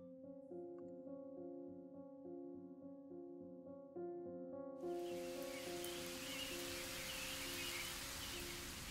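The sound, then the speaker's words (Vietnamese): Gentle sustained musical tones play alone, then about halfway through a dense, steady hiss of heavy summer rain with strong wind suddenly sweeps in over a small hamlet at a river mouth in Kim Son, continuing loudly over the music. “Cơn mưa nặng hạt cùng gió lớn thổi những ngọn dừa ngã nghiêng.”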